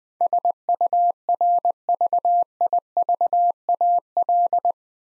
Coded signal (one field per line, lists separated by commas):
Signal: Morse code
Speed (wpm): 20 wpm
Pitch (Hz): 700 Hz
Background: none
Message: SURVIVAL